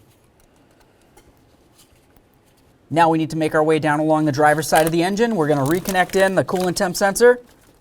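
A plastic wiring harness connector is being handled at the coolant temperature sensor on the driver's side of the engine of a 1994–2004 Chevy S-10. After about three seconds of near silence with a few faint ticks, someone talks until the end. The connector has not clicked or seated yet.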